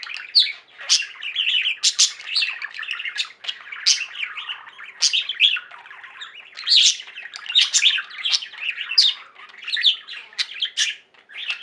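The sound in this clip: Budgerigar warble: dense, continuous chirping and clicking with frequent sharp squeaky accents, busy and lively from start to finish.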